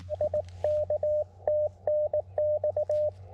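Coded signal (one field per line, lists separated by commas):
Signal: Morse code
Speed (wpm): 19 wpm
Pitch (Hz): 590 Hz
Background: none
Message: I K TNX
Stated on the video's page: Morse from a POTA park activation at K-5221 on a portable radio, after a firmware update improved its CW.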